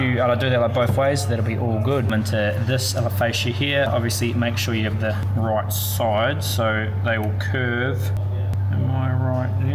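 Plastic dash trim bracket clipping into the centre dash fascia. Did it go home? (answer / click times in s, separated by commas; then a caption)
yes / 8.5 s, 8.7 s. A plastic dash trim bracket on the hazard switch surround of a Nissan Patrol Y62 (2013–2024) is pushed into the centre dash fascia during a T-Series head unit installation, while someone talks over steady background music. Two quick clicks at 8.5 s and 8.7 s mark the clips flexing in, and the trim is seated.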